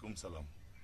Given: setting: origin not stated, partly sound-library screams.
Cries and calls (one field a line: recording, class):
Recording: one-second piece from a danger detection set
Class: normal situation